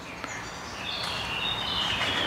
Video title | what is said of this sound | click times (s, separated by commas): Audi Q4 e-tron Einbauanleitung Gasdruckfeder | auf den Kugelbolzen aufsetzen und mit einem leichten Druck einrasten lassen | 0.2 s